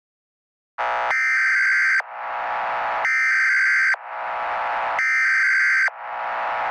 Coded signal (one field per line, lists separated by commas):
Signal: Emergency Alert System (SAME) tones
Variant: header bursts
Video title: EAS Scenario #11 - The Soundwaves of Death